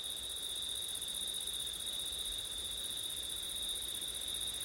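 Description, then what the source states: Crickets trilling nonstop in a shrill, even chorus, the high ringing tone holding without a pause. Crickets singing on a September night, with wind; recorded with ortif setup.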